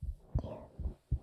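Deep, soft thumps repeat through a short stretch, with a faint low hum and hiss between them. These are an adult's own heartbeats, beating strongly with a bouncy quality, picked up clearly by a microphone held close to the chest.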